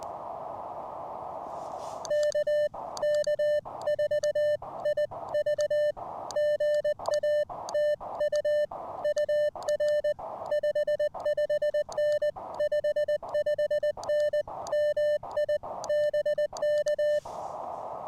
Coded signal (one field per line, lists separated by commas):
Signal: Morse code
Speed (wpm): 20 wpm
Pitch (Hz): 600 Hz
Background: music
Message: KK4IV GA TU UR 55N 55N MI BK